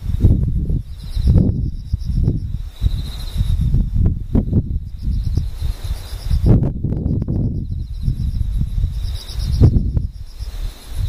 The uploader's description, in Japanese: ムシ